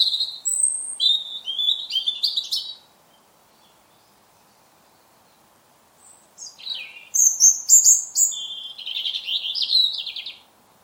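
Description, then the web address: European robin singing high, tinkling phrases of mixed whistles and rapid trills, a silent gap midway, then a second varied phrase. "Deverinetal 2025 File origin Bird Only Er Ru"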